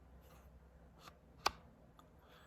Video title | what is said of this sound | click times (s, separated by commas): BE+Reviews: Springfield Hellcat Holster Reviews by Average, Everyday Guy. | more like a softer snap but this thing isn't going anywhere i mean i can | 1.5 s